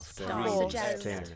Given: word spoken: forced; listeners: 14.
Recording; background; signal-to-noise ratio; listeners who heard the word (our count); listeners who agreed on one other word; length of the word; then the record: one English word in noise, from a listening test; four-talker babble; -1.3 dB; 2 of 14; 7 of 14; 0.96 s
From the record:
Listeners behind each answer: 7, 2, 1, 1, 1, 1, 1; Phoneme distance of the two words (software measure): 34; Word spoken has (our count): 1 syllable, 4 phonemes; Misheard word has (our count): 2 syllables, 6 phonemes, stress on syllable 2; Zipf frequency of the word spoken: 4.64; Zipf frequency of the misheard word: 4.63